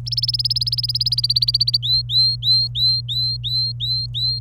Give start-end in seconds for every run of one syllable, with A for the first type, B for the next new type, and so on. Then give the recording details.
0.06-1.77 A, 1.83-4.39 B. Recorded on 27 April 2018 at 15:41. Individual llb3